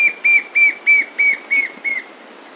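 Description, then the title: White-shouldered fire-eye calling: a steady series of seven clear whistled notes, evenly spaced about three per second, each slightly slurred, then fading out. "LuckyPassaro Completos2Sama. White-shouldered Fire-eye (Pyriglena leucoptera)"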